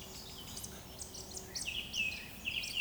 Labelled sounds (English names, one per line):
Eurasian Woodcock whistle